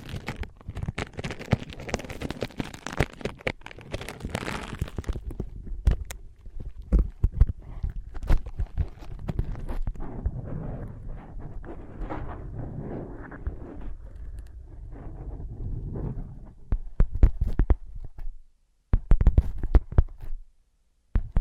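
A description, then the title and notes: ASMR tapping, scratching and tracing on ear pads. Bright, dense scratching fills the first five seconds, then gives way to softer, lower rubbing and tracing until about sixteen seconds. Sharp scattered taps follow, a brief silence near eighteen seconds, then a few final taps. ASMR Using Ear Pads as Your Ears Tapping, Scratching, Tracing No Talking.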